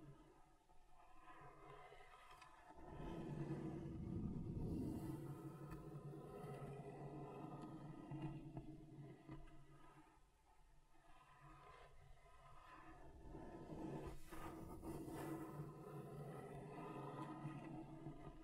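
Scratching across a table surface, a continuous coarse rasping that swells and fades in long strokes. It grows loudest and grittiest around the fifth second, dips near the tenth, then builds again toward fifteen seconds, with a low rumbling grind beneath the scraping.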